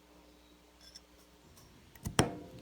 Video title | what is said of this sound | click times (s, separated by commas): 1955 Buick Special Turbo LS Build Part 20, Connecting the 1955 steering column to the Jaguar IFS. | now snaps right in that's good | 2.2 s